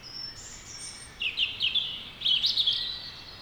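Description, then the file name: European robin: a high sustained whistle followed by a rapid, rippling trill of short notes in two bursts. "Erithacus rubecula"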